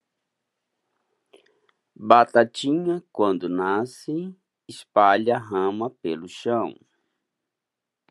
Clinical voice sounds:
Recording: short text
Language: Brazilian Portuguese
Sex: male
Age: 50 to 59 years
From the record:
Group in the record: control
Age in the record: 56 years

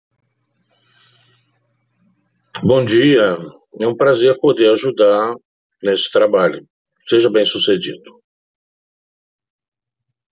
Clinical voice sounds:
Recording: spoken sentence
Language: Brazilian Portuguese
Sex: male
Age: 60 to 69 years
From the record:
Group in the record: control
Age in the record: 65 years

